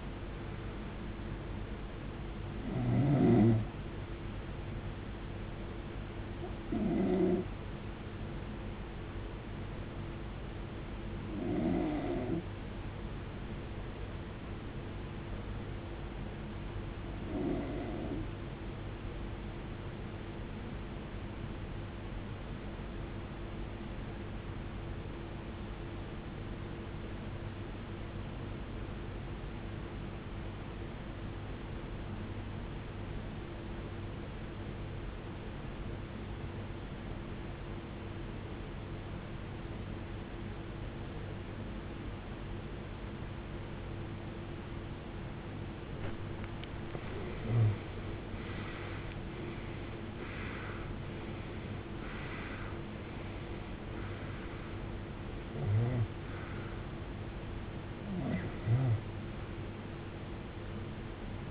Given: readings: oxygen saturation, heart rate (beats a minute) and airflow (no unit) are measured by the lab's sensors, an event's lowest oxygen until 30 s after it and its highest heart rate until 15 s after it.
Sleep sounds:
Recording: breathing in sleep by a voice recorder at the bedside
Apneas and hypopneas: 1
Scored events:
22.00-47.80 s: obstructive apnea (N2, oxygen 94% highest, then 87% lowest, heart rate 72 at the start, 80 highest)
From the record:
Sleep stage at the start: N2 (light sleep)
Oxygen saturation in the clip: 85 to 94%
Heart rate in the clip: 43 to 80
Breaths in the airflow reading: 9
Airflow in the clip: -22.1 to 20.0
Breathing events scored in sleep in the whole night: 389 in 6.3 hours asleep

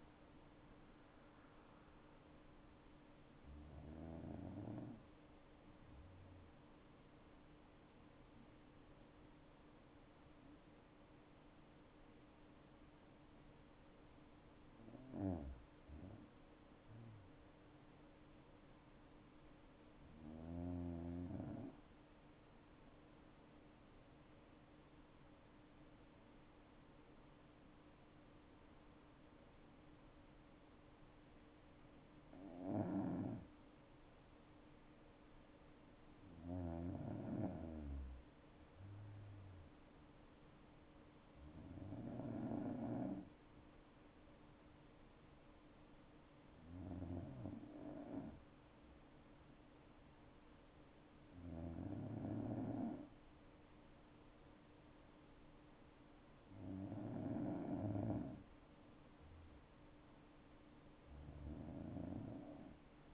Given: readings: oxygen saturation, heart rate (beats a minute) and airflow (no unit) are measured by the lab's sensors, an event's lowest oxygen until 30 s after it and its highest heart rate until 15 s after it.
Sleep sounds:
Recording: breathing in sleep by a voice recorder at the bedside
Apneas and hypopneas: none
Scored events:
9.00-63.14 s: new sleep stage, N2 (light sleep)
From the record:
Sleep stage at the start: N1 (lightest sleep)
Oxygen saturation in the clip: 88 to 96%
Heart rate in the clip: 56 to 74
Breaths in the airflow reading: 11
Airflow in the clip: -6.5 to 8.8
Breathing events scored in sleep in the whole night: 228 in 5.4 hours asleep

